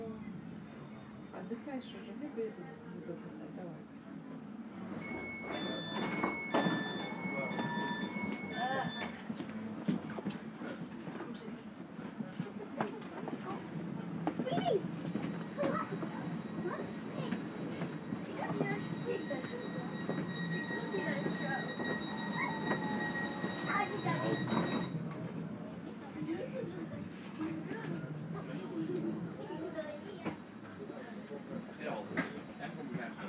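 An S-Bahn ride: a steady low rumble of the train runs throughout, with murmuring voices mixed in. From about 5 to 9 seconds a bright stepped chime or tone sequence sounds, and from about 20 to 25 seconds a thin high whine holds steady before fading.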